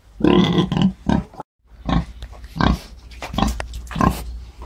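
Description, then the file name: Wild boar or domestic pig grunting in a run of short, rough, deep bursts, with a brief gap of silence early on. "Cinghiale Maiale (Sus scrofa)"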